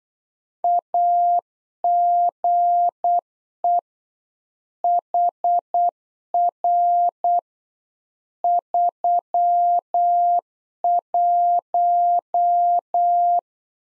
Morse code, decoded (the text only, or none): AGE HR 31